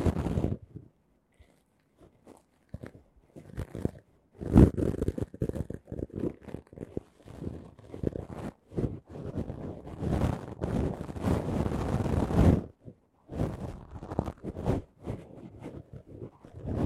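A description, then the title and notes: Ear cleaning sounds: dense, irregular scratching and crunching rubs, low and muffled, arrive in quick bursts with short silent gaps. The busiest stretch runs from about 4 to 13 seconds, where the rubbing is nearly continuous, before thinning into shorter scrapes toward the end. Tascam 耳掃除 | Tascam Ear Cleaning | NO Talking.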